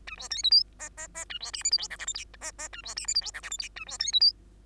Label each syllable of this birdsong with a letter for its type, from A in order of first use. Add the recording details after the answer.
A B C D E F F F A B G H I J K L M N F F A B G H I J K L M N A B C D E. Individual Bird2